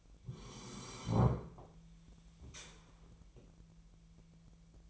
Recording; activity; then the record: daily activity, microphone in the room; sit down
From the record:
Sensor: 1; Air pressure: 1001.6 hPa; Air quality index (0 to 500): 248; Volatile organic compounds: 119 ppm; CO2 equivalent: 3868 ppm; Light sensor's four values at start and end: 14/33/14/15 and 14/33/14/15